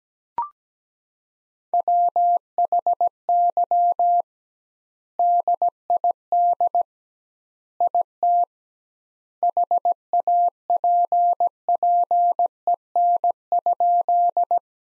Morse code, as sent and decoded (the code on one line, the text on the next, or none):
.-- .... -.-- / -.. .. -.. / .. - / .... .- .--. .--. . -. ..--..
WHY DID IT HAPPEN?